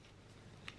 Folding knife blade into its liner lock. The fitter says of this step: and it doesn't lock in all the way.